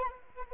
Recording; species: mosquito wingbeat signal from an infrared sensor; Anopheles arabiensis